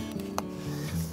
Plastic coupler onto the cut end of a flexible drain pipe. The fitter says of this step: pulling the pipe until you hear that click